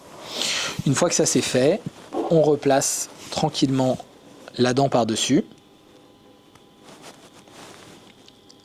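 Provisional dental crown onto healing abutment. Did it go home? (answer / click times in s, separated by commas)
yes / 8.3 s, 8.5 s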